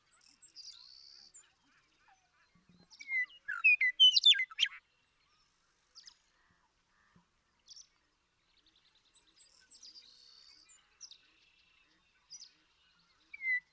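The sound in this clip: Western meadowlark song, a rapid cluster of loud slurred whistles and warbles around the fourth second, with scattered faint high chirps before and after.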